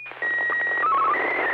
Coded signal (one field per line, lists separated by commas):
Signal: SSTV (slow-scan television)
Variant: Martin 1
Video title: N6NA SSTV Net - 02/28/2024